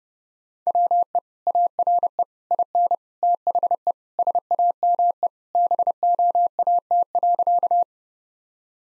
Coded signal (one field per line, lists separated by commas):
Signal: Morse code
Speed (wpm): 30 wpm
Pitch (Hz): 700 Hz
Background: none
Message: WE ARE IN THE SAME BOAT.